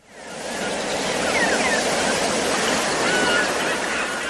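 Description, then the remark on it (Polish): A steady, full rush of flowing water fades in quickly and holds at an even, hissing roar, with a couple of faint thin chirps flickering above it. “Szum ma dość pozytywną konotację, bo przecież szumią liście drzew, szumi strumyk, morze.”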